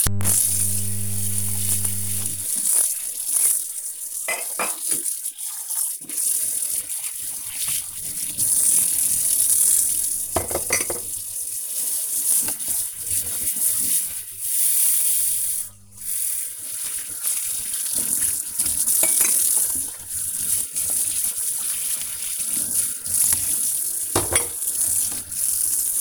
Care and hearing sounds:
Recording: household activities, microphone on the right wrist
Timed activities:
0.00-26.01 s: washing dishes

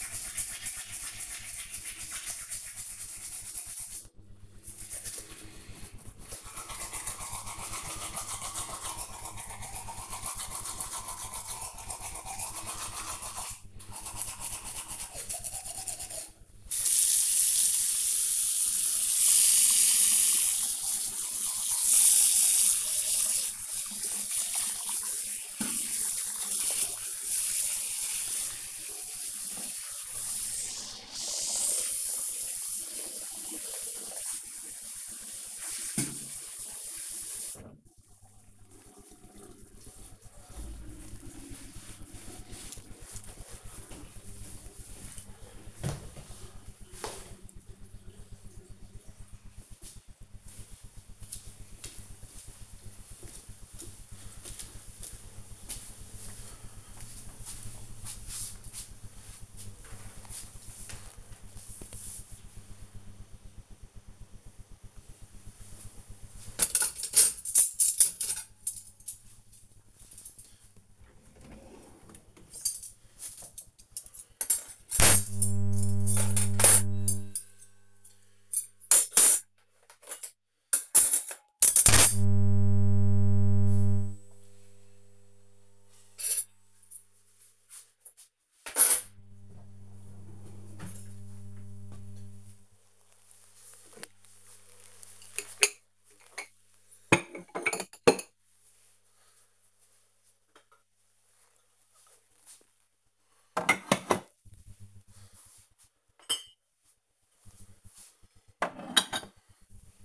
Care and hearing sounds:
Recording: household activities, microphone on the right wrist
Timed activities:
0.00-37.60 s: brushing teeth
64.84-110.05 s: putting away the dishes

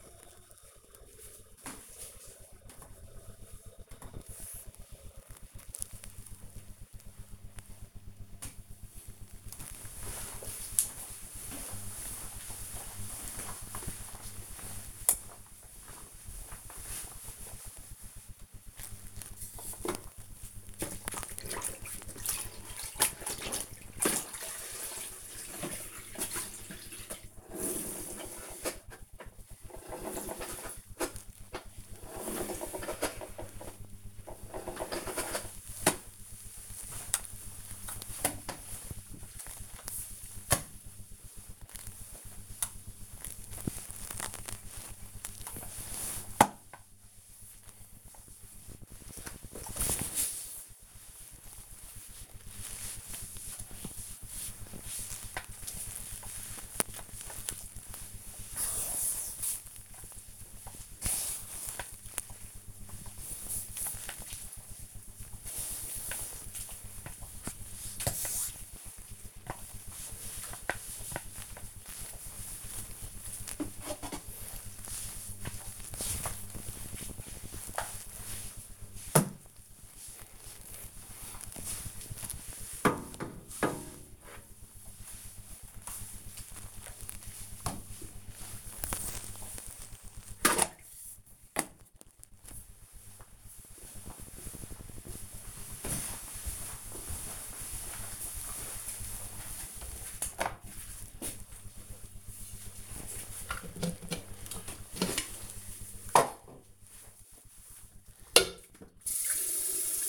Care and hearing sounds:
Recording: household activities, microphone on the right wrist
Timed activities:
0.00-3.72 s: making tea
17.83-91.35 s: floor cleaning
101.41-110.08 s: making tea

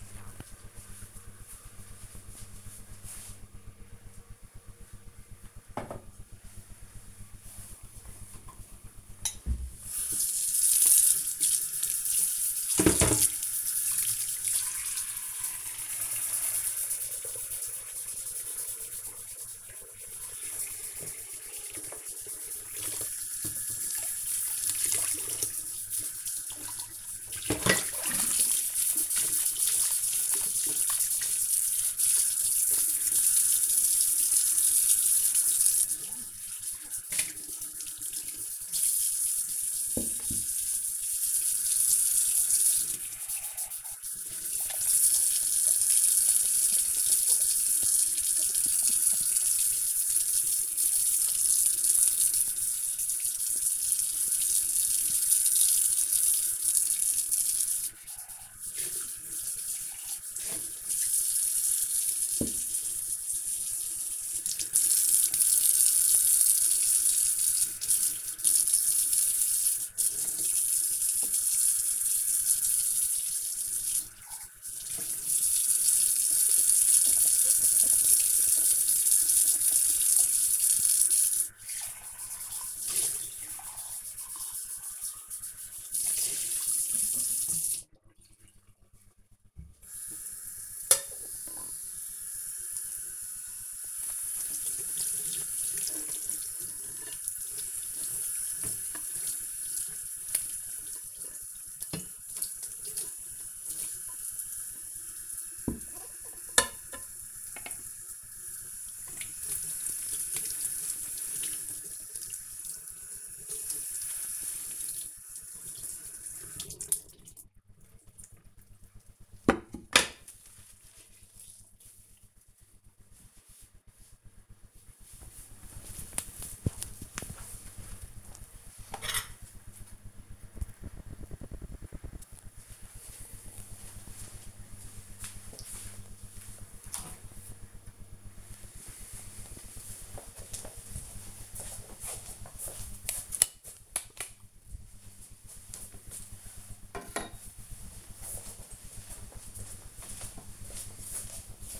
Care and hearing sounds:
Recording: household activities, microphone on the right wrist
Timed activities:
8.27-120.00 s: washing dishes

